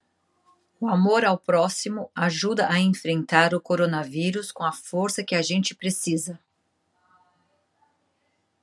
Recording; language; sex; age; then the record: spoken sentence; Brazilian Portuguese; female; 40 to 49 years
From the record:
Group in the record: control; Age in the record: 48 years